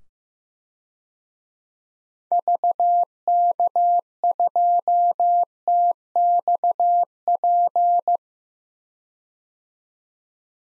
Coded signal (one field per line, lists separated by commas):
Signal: Morse code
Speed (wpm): 15 wpm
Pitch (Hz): 700 Hz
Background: none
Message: VK2TXP